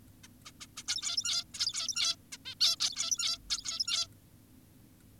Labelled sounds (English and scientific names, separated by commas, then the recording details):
Zebra Finch (Taeniopygia guttata)
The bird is an adult
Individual g17y2U